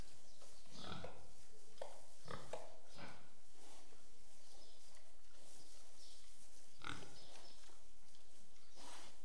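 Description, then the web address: Pig grunts and squeals in short, harsh bursts, loudest in the first three seconds and again near the seventh. Pigs, more than one, recorded in a shed. "The BBC Sound Effects Library. Pigs in shed"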